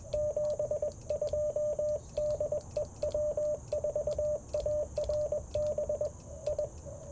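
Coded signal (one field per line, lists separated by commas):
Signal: Morse code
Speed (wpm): 21 wpm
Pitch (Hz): 600 Hz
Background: radio noise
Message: 72 DE W4ARB I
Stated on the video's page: QRP CW Parks on the Air activation at a national forest, Icom IC-705 with Alex Loop antenna, Modern Morse Nameless key.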